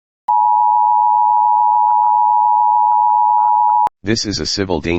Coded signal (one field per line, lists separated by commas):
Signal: Emergency Alert System (SAME) tones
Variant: 853 and 960 Hz attention tone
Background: speech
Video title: EAS Scenario - Nuclear Attack